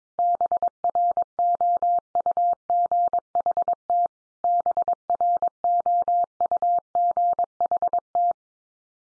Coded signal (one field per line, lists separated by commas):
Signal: Morse code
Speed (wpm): 22 wpm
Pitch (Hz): 700 Hz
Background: none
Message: BROUGHT BROUGHT